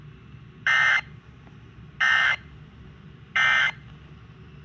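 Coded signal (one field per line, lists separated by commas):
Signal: Emergency Alert System (SAME) tones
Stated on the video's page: Flash flood warning relayed on an FM broadcast station and two unidentified stations.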